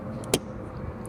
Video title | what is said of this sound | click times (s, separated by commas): LASFIT FLOOR MATS for my 2019 Ram 1500! Install, HONEST Review, Comparison to Mopar Mats | It's a real satisfying click. You know it's clipped in and that it's not going to go anywhere. | 0.3 s